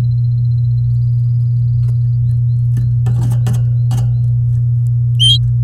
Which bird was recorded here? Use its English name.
Domestic Canary